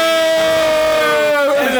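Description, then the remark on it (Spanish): A loud, drawn-out booing voice holds one steady low note for almost two seconds, with a brief wavering bend near the end. “quiero pedir un abucheo extra para Colón”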